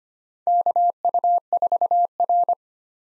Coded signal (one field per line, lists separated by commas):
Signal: Morse code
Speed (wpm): 25 wpm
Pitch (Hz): 700 Hz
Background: none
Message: KU4R